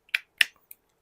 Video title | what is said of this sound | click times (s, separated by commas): Watch Me Install a 3D Printed Gantry on My Sovol SV08 – Live Build! | did you hear the click | 0.1 s, 0.4 s